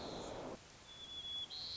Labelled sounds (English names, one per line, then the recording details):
White-crowned Sparrow
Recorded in Sonoma County, California